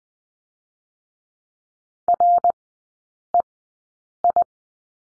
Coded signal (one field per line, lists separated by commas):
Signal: Morse code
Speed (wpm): 20 wpm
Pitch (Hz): 700 Hz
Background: none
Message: REI